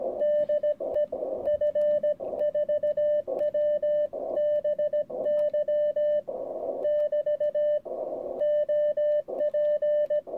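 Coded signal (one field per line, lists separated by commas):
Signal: Morse code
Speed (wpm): 17 wpm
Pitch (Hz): 600 Hz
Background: radio noise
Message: DE F4WBY <BT> OP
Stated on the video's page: Amateur radio weekend operating from a plateau, with contacts made with friends on the air.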